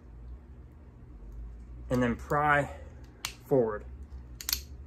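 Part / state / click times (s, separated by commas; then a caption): child-safety guard on a disposable lighter / released / 4.4 s, 4.5 s. A metal child-safety guard locked onto a disposable lighter is pried forward with a knife while someone talks. Sharp metallic pops at 4.4 s and 4.5 s mark the guard snapping off and flying across the room, releasing it from the lighter.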